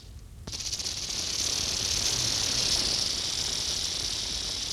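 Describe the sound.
Rattlesnake rattle starting abruptly after half a second, then a sustained, even, high buzzing hiss that holds steady to the end.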